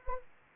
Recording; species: mosquito wingbeat signal from an infrared sensor; Anopheles arabiensis